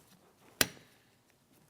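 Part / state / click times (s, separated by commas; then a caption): wiper blade adapter onto the wiper arm tip / seated / 0.6 s. A wiper blade adapter is pressed onto the very tip of the wiper arm on a 2007-2014 GMC Sierra 2500 HD, with its two locking ears facing toward the arm. A single sharp click at 0.6 s marks the locking tabs seating, followed by a brief fading ring and then near silence. The adapter is seated on the arm.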